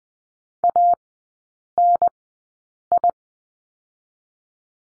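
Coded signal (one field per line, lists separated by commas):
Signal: Morse code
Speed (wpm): 20 wpm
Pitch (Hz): 700 Hz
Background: none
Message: ANI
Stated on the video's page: Morse code course lesson on the letter I, sent at Farnsworth speed of 20/10 wpm.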